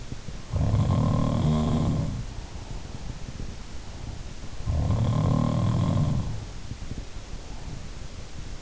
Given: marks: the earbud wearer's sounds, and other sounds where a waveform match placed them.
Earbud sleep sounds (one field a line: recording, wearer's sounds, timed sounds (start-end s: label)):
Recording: sounds in sleep by an in-ear microphone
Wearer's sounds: breath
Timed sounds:
0.25-4.32 s: sound from someone else or the room
2.06-4.32 s: breath
4.47-7.92 s: sound from someone else or the room
5.84-7.92 s: breath